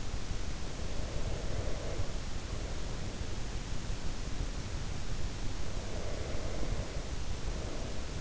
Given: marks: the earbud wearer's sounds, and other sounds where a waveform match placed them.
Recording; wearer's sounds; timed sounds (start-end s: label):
sounds in sleep by an in-ear microphone; breath
0.63-3.82 s: breath
5.55-8.21 s: breath